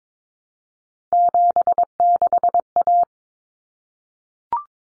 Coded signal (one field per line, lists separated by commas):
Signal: Morse code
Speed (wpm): 22 wpm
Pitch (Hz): 700 Hz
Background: none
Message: 76A